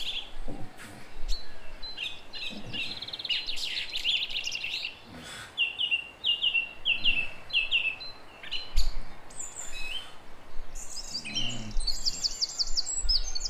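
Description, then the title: Song thrush singing bright repeated phrases, some fluty and others scratchy, with occasional low thumps. Recorded at 06h in Durenne. "Zanglijster 06h Durenne"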